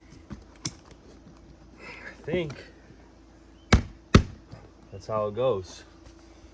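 A fog light assembly on a Chevy Cruze is rotated and snapped into the plastic mounting brackets molded into the front bumper, and someone talks. Two sharp knocks come at 3.7 s and 4.2 s as it snaps into the bumper bracket. The fog light ends up seated.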